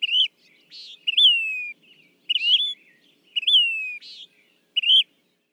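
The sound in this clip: Say's phoebe giving several phrases, alternating clear falling whistles and short rising notes.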